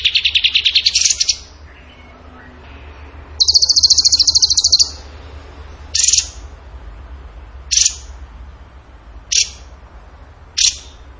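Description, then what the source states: Bird song: an opening rattling trill, then a long rapid high trill, then brief sharp chirps repeated roughly every one and a half seconds. Masteran training recording of a bird singing in the gacor tembakan style.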